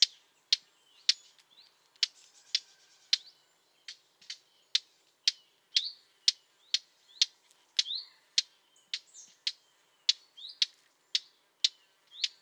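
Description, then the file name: Eurasian blackcap producing a long, steady run of sharp tack calls, about two per second, over quiet background with occasional soft chirps. "Sylvia atricapilla"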